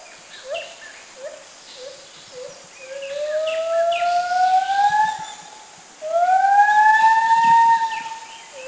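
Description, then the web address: White-handed gibbon calling: a few short soft hoots, then two long, loud whistled notes that rise smoothly. Recorded in southern Thailand. "Thailand South White-handed Gibbon Tone Pariwat"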